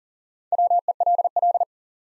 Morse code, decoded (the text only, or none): WELL